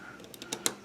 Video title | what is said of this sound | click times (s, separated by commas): NeoGeo CD Pad Repair | push it down until it clicks in place | 0.7 s